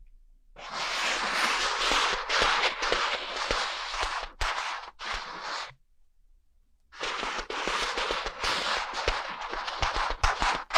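An ear massage with dense, crackling rubbing and rustling that starts just after the half-second mark and runs steadily for about five seconds, broken by a few sharp pops. A second or so of silence follows before the scratchy rubbing resumes and continues to the end.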